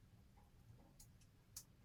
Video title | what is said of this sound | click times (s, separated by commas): BIG WHEEL #32 béquille+câblage+réservoir d'huile | voilà il est un petit clic c'est ça que je voulais entendre de | 1.6 s